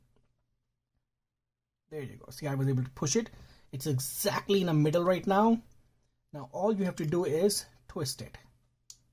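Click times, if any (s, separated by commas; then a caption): 8.9 s. Someone talks while twisting a gimbal replacement pin-press tool to drive a small metal pin out of a drone gimbal arm (DJI Mini 1/2/SE, Air 2/2S). After the talking, a short, sharp click is heard at 8.9 s as the pin is pushed out, and the pin comes free.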